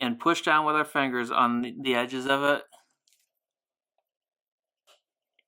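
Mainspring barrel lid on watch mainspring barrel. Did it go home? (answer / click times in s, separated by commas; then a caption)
released / 5.4 s. On a 1960 Bulova President watch with an AF11 movement, the steel mainspring barrel sits lid side up on a hard table while fingers push down on the edges of the lid. Someone talks for the first 2.7 seconds, then faint ticks follow at 3.1 seconds. A tiny sharp snap at 5.4 seconds marks the barrel lid popping loose.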